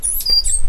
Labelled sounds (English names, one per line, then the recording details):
Stitchbird song
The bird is a male
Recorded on Tiritiri Matangi Island, New Zealand, in 2005
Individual 8, of nest box 10